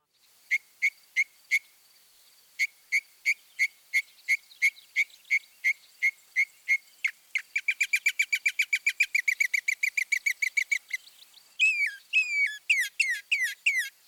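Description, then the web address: Northern mockingbird repeating a sharp clipped note many times, speeding into a fast trill, then switching to a string of loud slurred phrases. Northern mockingbird song featuring mimicry of other species. "Birding by Ear, Eastern and Central North America - Peterson Guides. Northern Mockingbird"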